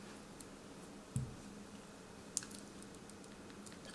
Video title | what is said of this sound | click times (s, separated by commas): HTC One M9 Disassembly Teardown Screen Replacement Guide | on clicks back into place now to putting the main | 2.4 s